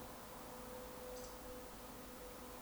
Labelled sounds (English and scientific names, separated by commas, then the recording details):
Eurasian Woodcock (Scolopax rusticola) whistle
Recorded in Baden-Württemberg, Germany, on 3 June 2021 at 20:03 UTC
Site 49334, 1074 m above sea level